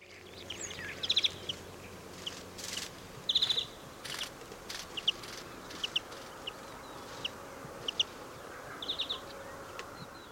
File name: Chloris chloris